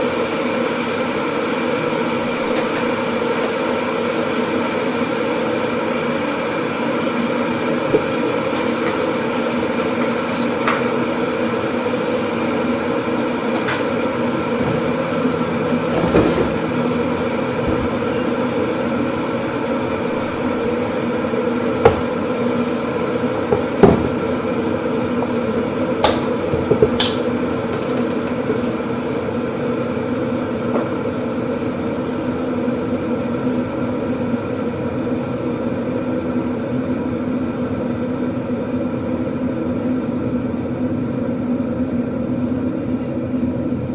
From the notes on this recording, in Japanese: テレビの音 お湯を沸かす音 パンを焼く音 コーヒーを作る音 食器を洗う音 水を注ぐ音 パンにバターを塗る音 食べる音、飲む音